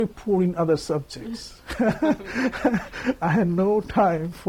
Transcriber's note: laughs